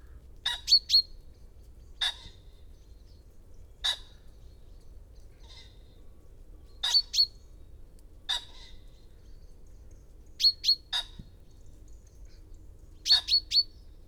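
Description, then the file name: Common chaffinch calls: scattered single sharp notes and quick runs of two or three high chips, spaced irregularly across the recording. "Fringilla coelebs"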